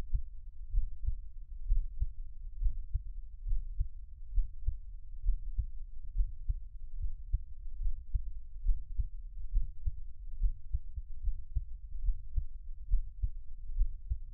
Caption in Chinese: 獻上我的心跳 | Give my Heartbeat | NO Talking。